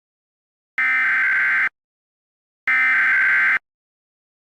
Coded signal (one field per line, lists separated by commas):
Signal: Emergency Alert System (SAME) tones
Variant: header bursts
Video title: EAS scenario (Gernoria Attack PT.5)